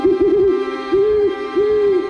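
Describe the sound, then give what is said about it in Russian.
An owl gives a loud, drawn-out hooting cry, repeated in three long wavering calls that rise and fall slightly in pitch, with no voices present. “Кричит она громко и протяжно.”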